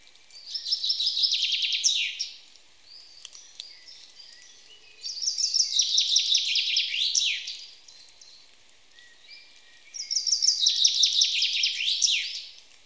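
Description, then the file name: Common chaffinch song repeated three times about every five seconds, each a cheerful cascading trill of high notes ending in a flourish. "Fringilla coelebs"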